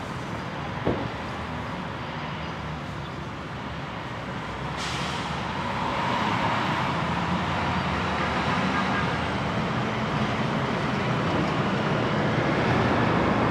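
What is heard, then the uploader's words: Outdoor ambience on a Brooklyn roof: a dense, steady wash of traffic and city rumble that grows slightly louder through the clip. A sharp knock lands near the first second, a brief bright hiss flares around five seconds, and a thin high whine follows. Ext, Brooklyn Roof. By Bandeto.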